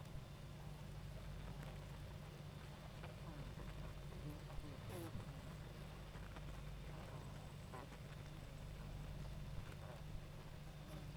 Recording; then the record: honeybee colony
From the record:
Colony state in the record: active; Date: 28 July 2017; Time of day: 19:51